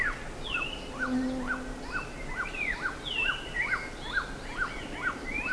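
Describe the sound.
Bird repeating short rising-and-falling notes about twice a second, mixed with other birds' sweeping whistles and a low hum.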